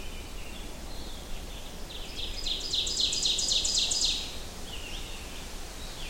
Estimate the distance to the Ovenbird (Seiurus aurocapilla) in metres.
about 20 m